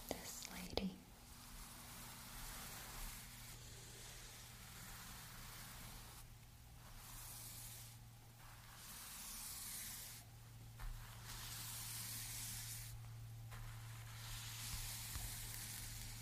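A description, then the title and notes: Sequins rustle in a dense, bright, steady shimmer, pausing briefly every few seconds around the 6, 8, 10 and 13 second marks. A sharp knock comes near the start, and a low steady hum runs underneath throughout. Surprisingly tingly textures. Red lake sequins.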